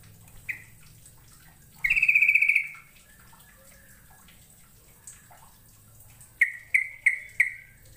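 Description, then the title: Bird song: a lone chirp, then a loud buzzy rattling trill lasting about a second, quiet, and finally a few quick chirps. "Kicau Burung"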